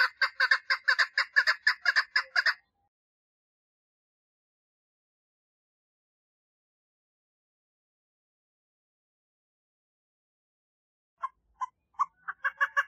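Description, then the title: Partridge song: a short burst of rapid, raspy repeated notes, a long silence, then a few scattered notes starting up again. "Perdiz Cantando"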